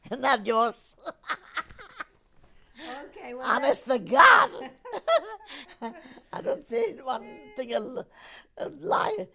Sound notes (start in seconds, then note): 1.0 she laughs; 4.4 they laugh